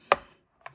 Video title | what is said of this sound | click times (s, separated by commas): 245. Chipping a Class 71 Locomotive. What Could Possibly go Wrong? | You heard it go click there. That's all there is to it. | 0.1 s